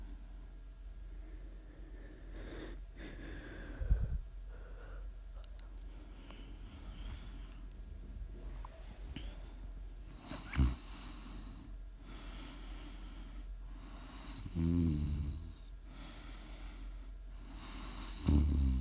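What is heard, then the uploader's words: Snoring in a low, steady rhythm, with soft breathy rasps rising and falling every few seconds. Sharper thumps and bumps stand out near 4, 10.5, 15 and 18.5 seconds, the louder ones late in the clip, over a constant low hum. ASMR snoring.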